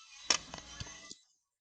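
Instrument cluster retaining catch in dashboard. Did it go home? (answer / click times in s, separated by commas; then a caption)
released / 0.3 s. A thin wire or hook is pushed into the slot beside the instrument cluster in the dashboard of a Vito W639 115 CDI van to press the retaining catch. A sharp click at 0.3 s marks the catch releasing, followed by quieter ticks near 0.5, 0.6, 0.8 and 1.1 s. The instrument cluster retaining catch clicks open and the cluster is released.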